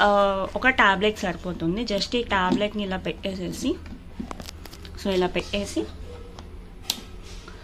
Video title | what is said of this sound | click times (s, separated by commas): Bosch dishwasher SMSS66GW01L 13 place settings for Indian cooking full review in Telugu - | అలా పెట్టగానే lock అవుతుంది. | 6.9 s